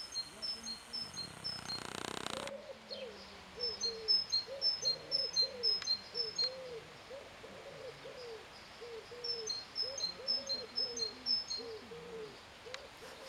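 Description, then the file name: Great tit giving repeated high-low two-note phrases in a few bursts, over many low calls in the background, with a burst of noise at the start. "Parus major"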